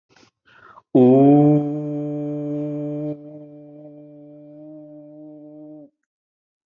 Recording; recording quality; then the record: sustained vowel as in boot; excellent, no background noise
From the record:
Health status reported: healthy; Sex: male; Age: 54 years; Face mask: not worn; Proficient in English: yes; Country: India